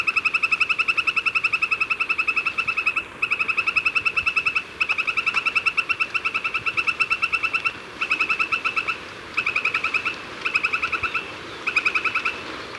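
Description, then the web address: Northern White-crowned Tapaculo calling: a long, fast run of sharp, evenly pulsed notes, broken by a few short pauses, with no other clear sounds. Ecuador. "Birds of Ecuador 3-01 Northern White-Crowned Tapaculo"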